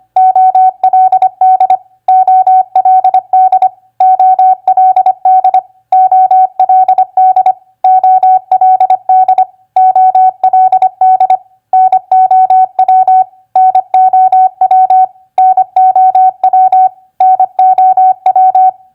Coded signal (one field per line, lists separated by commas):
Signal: Morse code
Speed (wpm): 25 wpm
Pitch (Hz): 750 Hz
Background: none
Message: OLD OLD OLD OLD OLD OLD NOW NOW NOW NOW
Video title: Morse Code Practice WR2c Word Recognition NEW-OLD-NOW 25wpm